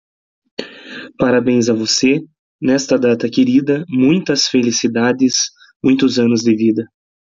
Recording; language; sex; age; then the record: short text; Brazilian Portuguese; male; 20 to 29 years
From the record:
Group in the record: control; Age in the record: 26 years